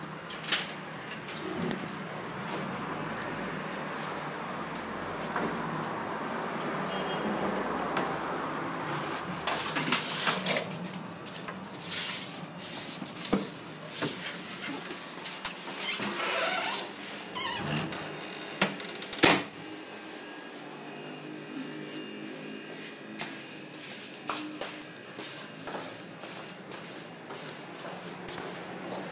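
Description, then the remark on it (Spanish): Someone climbs about four floors of stairs carrying an old dog in their arms: a steady run of soft footfalls with rustling and occasional sharp knocks and clatters, no voices. “Al final básicamente se escucha el sonido de quien lo lleva.”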